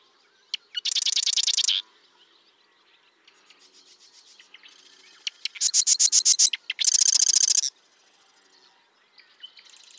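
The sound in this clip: Bird song made of loud rapid trills, one early and a stuttering pair later, with soft chirping and twittering filling the gaps.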